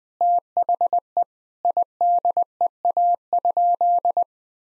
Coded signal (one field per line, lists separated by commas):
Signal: Morse code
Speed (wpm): 20 wpm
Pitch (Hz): 700 Hz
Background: none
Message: THE IDEA?